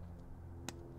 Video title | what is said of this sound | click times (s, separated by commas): Bringing The 560SEL To A Stop | see you hear the click yep okay so that's one | 0.7 s